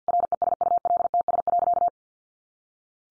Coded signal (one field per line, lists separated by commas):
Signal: Morse code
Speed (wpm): 50 wpm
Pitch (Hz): 700 Hz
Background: none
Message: RESULTS.